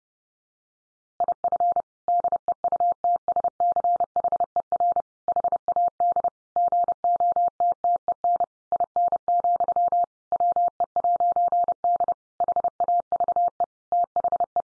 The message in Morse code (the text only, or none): IF DEUTSCHER HAD GOTTEN IN, WE'D HAVE THE